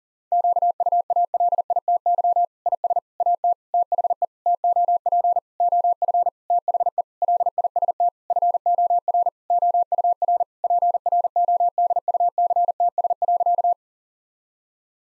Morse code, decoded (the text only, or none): QUALITY IS AT THE TOP OF THE LIST FOR OUR PRODUCTS.